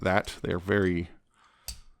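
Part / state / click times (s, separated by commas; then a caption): action figure wheel tab into body side slot / seated / 1.7 s. Someone talks while plastic wheel parts on a Transformers Legacy United Magneous action figure are swung out and tabbed into slots on the side of its body. A short, sharp click at 1.7 s marks the wheels seating securely in place.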